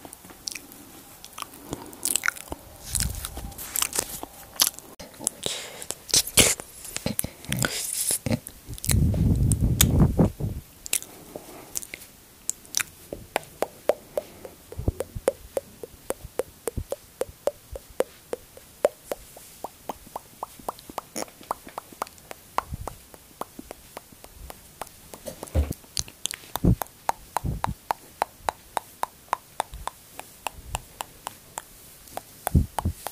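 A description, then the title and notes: Mouth sounds: a steady stream of short wet clicks, pops and smacks, some crisp and bright, others soft. Near nine to ten seconds a louder low rumbling burst stands out, after which the clicks continue densely and fairly regularly to the end. MOUTH SOUNDS ASMR.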